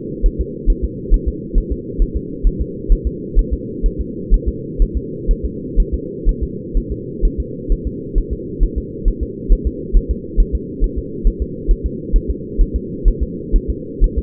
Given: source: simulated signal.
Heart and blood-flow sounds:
fetal heart sounds
0.26 s: S1
0.41 s: S2
0.70 s: S1
0.84 s: S2
1.14 s: S1
1.28 s: S2
1.58 s: S1
1.72 s: S2
2.02 s: S1
2.17 s: S2
2.47 s: S1
2.61 s: S2
2.92 s: S1
3.07 s: S2
3.39 s: S1
3.53 s: S2
3.86 s: S1
4.01 s: S2
4.34 s: S1
4.48 s: S2
4.82 s: S1
4.97 s: S2
5.31 s: S1
5.45 s: S2
5.80 s: S1
5.94 s: S2
6.29 s: S1
6.43 s: S2
6.77 s: S1
6.92 s: S2
7.25 s: S1
7.40 s: S2
7.72 s: S1
7.87 s: S2
8.18 s: S1
8.33 s: S2
8.63 s: S1
8.78 s: S2
9.08 s: S1
9.23 s: S2
9.52 s: S1
9.67 s: S2
9.96 s: S1
10.11 s: S2
10.40 s: S1
10.55 s: S2
10.84 s: S1
10.98 s: S2
11.27 s: S1
11.42 s: S2
11.71 s: S1
11.86 s: S2
12.16 s: S1
12.30 s: S2
12.61 s: S1
12.76 s: S2
13.08 s: S1
13.23 s: S2
13.56 s: S1
13.70 s: S2
14.04 s: S1
14.19 s: S2
From the record:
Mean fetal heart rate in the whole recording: 130 bpm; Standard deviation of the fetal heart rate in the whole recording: 4 bpm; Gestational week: 38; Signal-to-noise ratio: -4.1 dB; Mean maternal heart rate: no maternal heart sound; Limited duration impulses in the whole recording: absent

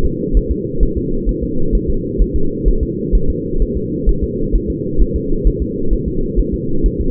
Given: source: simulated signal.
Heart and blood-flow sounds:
fetal heart sounds
0.06 s: S2
0.37 s: S1
0.52 s: S2
0.83 s: S1
0.98 s: S2
1.29 s: S1
1.44 s: S2
1.75 s: S1
1.90 s: S2
2.22 s: S1
2.36 s: S2
2.68 s: S1
2.83 s: S2
3.15 s: S1
3.30 s: S2
3.62 s: S1
3.77 s: S2
4.09 s: S1
4.23 s: S2
4.56 s: S1
4.70 s: S2
5.02 s: S1
5.16 s: S2
5.47 s: S1
5.62 s: S2
5.93 s: S1
6.08 s: S2
6.39 s: S1
6.54 s: S2
6.86 s: S1
7.00 s: S2
From the record:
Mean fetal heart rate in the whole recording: 130 bpm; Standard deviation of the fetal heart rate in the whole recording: 2 bpm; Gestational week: 36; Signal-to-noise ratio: -8.1 dB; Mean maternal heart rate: 72 bpm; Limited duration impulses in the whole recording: absent

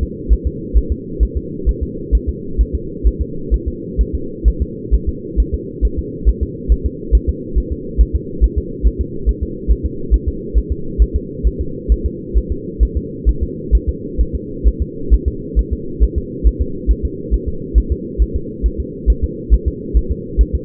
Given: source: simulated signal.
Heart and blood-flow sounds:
fetal heart sounds
0.03 s: S2
0.33 s: S1
0.47 s: S2
0.77 s: S1
0.92 s: S2
1.23 s: S1
1.37 s: S2
1.69 s: S1
1.83 s: S2
2.15 s: S1
2.29 s: S2
2.61 s: S1
2.75 s: S2
3.07 s: S1
3.22 s: S2
3.54 s: S1
3.68 s: S2
4.01 s: S1
4.15 s: S2
4.48 s: S1
4.62 s: S2
4.94 s: S1
5.09 s: S2
5.40 s: S1
5.54 s: S2
5.85 s: S1
5.99 s: S2
6.29 s: S1
6.43 s: S2
6.72 s: S1
6.86 s: S2
7.15 s: S1
7.29 s: S2
7.58 s: S1
7.72 s: S2
8.01 s: S1
8.15 s: S2
8.44 s: S1
8.58 s: S2
8.87 s: S1
9.01 s: S2
9.29 s: S1
9.43 s: S2
9.71 s: S1
9.86 s: S2
10.14 s: S1
10.28 s: S2
10.58 s: S1
10.72 s: S2
11.02 s: S1
11.16 s: S2
11.47 s: S1
11.61 s: S2
11.92 s: S1
12.06 s: S2
12.38 s: S1
12.52 s: S2
12.83 s: S1
12.97 s: S2
13.29 s: S1
13.43 s: S2
13.75 s: S1
13.89 s: S2
14.21 s: S1
14.35 s: S2
14.68 s: S1
14.82 s: S2
15.14 s: S1
15.28 s: S2
15.59 s: S1
15.73 s: S2
16.03 s: S1
16.18 s: S2
16.47 s: S1
16.61 s: S2
16.91 s: S1
17.05 s: S2
17.34 s: S1
17.48 s: S2
17.78 s: S1
17.92 s: S2
18.22 s: S1
18.36 s: S2
18.66 s: S1
18.80 s: S2
19.10 s: S1
19.24 s: S2
19.54 s: S1
19.68 s: S2
19.97 s: S1
20.11 s: S2
20.41 s: S1
20.55 s: S2
From the record:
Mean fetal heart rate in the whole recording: 135 bpm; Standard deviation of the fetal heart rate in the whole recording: 3 bpm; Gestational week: 34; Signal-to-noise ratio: -4.3 dB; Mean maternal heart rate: 72 bpm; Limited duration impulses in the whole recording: absent

